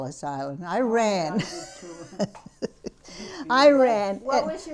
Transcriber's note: she laughs